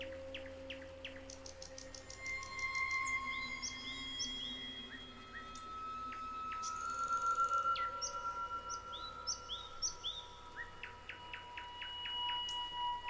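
Bird calls, a busy mix of clear whistles, downslurred notes and quick chirp series repeated throughout.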